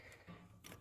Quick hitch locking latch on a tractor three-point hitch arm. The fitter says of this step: lock them lock both sides in place um like that